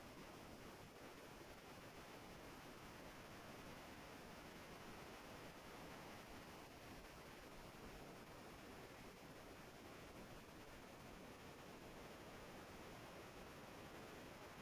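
Surf in a small cove at night rolls as a steady, dense wash of noise, deep and full, with no distinct breaking waves standing out.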